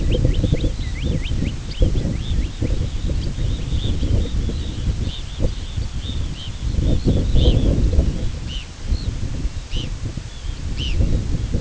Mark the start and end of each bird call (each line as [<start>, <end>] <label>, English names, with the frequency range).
[0.00, 2.76] American Golden-plover (1.5-4.7 kHz)
[0.38, 0.58] Red Phalarope (2.5-4.3 kHz)
[2.17, 7.75] Red Phalarope (2.3-5.4 kHz)
[8.40, 9.14] Red Phalarope (2.2-6.5 kHz)
[9.60, 9.97] Red Phalarope (2.1-6.4 kHz)
[10.71, 10.97] Red Phalarope (1.9-6.6 kHz)